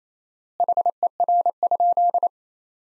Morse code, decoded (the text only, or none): HER?